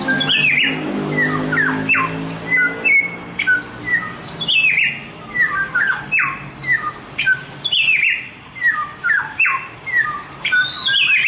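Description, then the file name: Chinese grosbeak singing continuously, mixing short fluty whistles with rough squawky downslurs, phrases following each other almost without pause. Masteran song-training recording of Chinese grosbeak (samyong). "masteran samyong omkicau"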